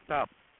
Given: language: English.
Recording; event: throat vibration sensor signal played as sound; speech